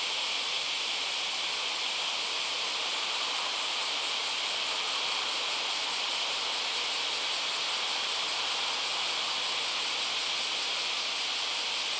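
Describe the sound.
Cicada drone, a steady shrill hiss with a faint rapid pulsing at the top, unbroken for the whole stretch.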